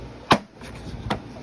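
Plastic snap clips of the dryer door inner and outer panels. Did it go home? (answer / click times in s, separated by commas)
yes / 0.3 s, 1.1 s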